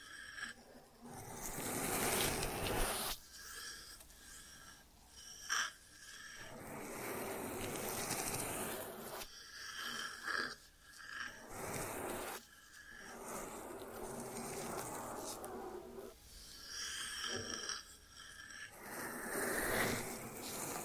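ASMR ear treatment sounds: dense, scratchy rasping and scraping strokes that come in bursts of a second or two, separated by brief near-silent gaps. The texture is bright and hissy, swelling and fading irregularly throughout, with no voice evident.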